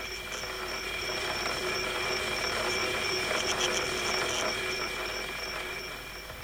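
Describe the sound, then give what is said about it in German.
An automatic telegraph mechanism runs steadily, a continuous whirring clatter with a thin high-pitched whine, growing slightly busier and more rattly midway before easing off. “Der automatische Telegraph macht Geräusche.”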